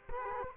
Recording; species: mosquito wingbeat signal from an infrared sensor; Culex quinquefasciatus